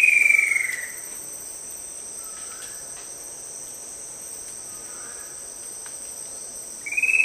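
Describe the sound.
Yellow-billed kingfisher call, a loud high note sliding slightly downward, heard at the start and again at the end, over a steady high insect drone.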